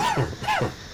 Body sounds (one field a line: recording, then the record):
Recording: coughing mixed with background sound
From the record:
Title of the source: Dry Coughing Fit in the Afternoon.